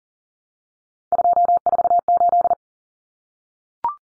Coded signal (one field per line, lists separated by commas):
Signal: Morse code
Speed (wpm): 40 wpm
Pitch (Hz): 700 Hz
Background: none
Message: 248